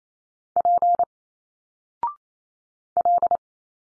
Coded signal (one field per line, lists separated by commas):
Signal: Morse code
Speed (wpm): 28 wpm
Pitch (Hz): 700 Hz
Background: none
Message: P L